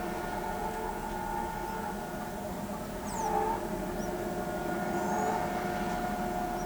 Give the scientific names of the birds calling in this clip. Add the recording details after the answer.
Tolmomyias flaviventris. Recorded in pastures near Pivijay, Magdalena, Colombia, on 16 April 2023 at 15:00. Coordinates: 10.456, -74.369. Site P6-G026